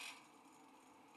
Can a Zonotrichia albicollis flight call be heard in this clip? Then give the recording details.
no. No flight call is heard. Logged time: 07:56 on 5 December 2014